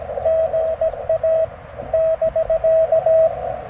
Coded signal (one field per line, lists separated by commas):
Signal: Morse code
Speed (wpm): 17 wpm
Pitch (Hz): 650 Hz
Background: radio noise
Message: GA <BK>